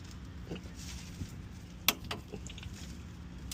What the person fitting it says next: When you hear that click, that's how you know you're on spec.